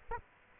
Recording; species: mosquito wingbeat signal from an infrared sensor; Aedes aegypti